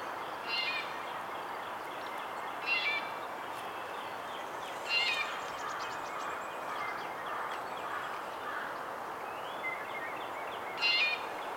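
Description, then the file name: Red-bellied Woodpecker rolling churr calls, short raspy bursts spaced a few seconds apart, over a steady hiss of background noise. "Melanerpes carolinus - Red-bellied Woodpecker"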